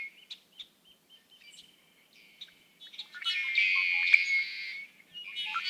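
Red-winged blackbird starting with soft scattered chips and a thin held note, then bursting into one loud buzzy trilled song, followed by another beginning.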